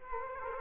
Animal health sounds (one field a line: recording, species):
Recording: mosquito wingbeat signal from an infrared sensor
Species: Aedes aegypti